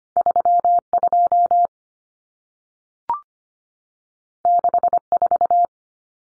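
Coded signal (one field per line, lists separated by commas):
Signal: Morse code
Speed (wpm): 25 wpm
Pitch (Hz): 700 Hz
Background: none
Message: 32 64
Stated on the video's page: Head-copy drill of common two-digit cut numbers at 25 wpm, with T, A and N standing for 0, 1 and 9; each is sent, spoken, then sent again.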